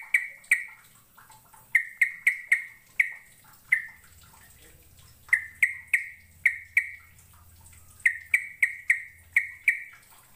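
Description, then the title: Bird calling in sharp, clicky chirps grouped in short runs, each run separated by brief pauses, with a faint low hum. "Kicau Burung"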